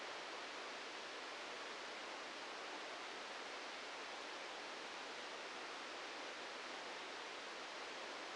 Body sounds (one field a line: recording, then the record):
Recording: brain microelectrode recording played as sound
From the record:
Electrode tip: outside the subthalamic nucleus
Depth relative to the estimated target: 2 mm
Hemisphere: right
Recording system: NeuroSet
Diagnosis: Parkinson's disease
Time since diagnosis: 13 years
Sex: male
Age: 65 years